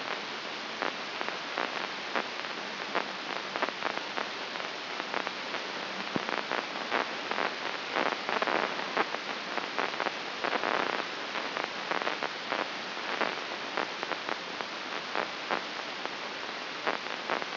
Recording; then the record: brain microelectrode recording played as sound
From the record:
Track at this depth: outside the subthalamic nucleus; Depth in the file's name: 6.612 mm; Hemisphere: left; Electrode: 2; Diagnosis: Parkinson's disease